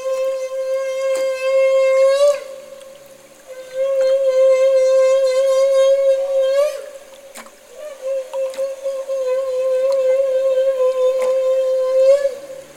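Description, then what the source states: Humpback whale feeding call: a loud, sustained, trumpet-like tone with rich overtones, held for several seconds at a time with short gaps and slight rises at the ends. Humpback whale call made during bubble-net feeding.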